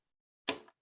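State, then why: Seated. A serial console cable's RJ45 plug is pushed into the console port of a network switch. A sharp, bright click sounds at 0.5 s, followed by a brief fading tail and a faint second tick near 0.7 s. The plug seats in the port.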